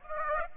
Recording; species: mosquito wingbeat signal from an infrared sensor; Aedes aegypti